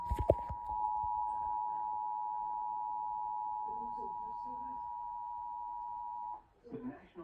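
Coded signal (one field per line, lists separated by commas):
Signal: Emergency Alert System (SAME) tones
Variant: 853 and 960 Hz attention tone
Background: speech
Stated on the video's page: Tornado warning EAS alert broadcast on television.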